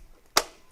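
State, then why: Seated. A plastic ruler plate is pressed onto the nose of a longarm quilting machine, because the small nose table is too small to hold a ruler steady and would let it wobble. It snaps into place with a single sharp, loud snap at 0.4 s, followed by a faint tick at 0.7 s. The ruler plate is seated.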